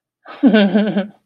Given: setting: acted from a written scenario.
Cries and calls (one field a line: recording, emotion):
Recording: vocal sound without words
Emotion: amusement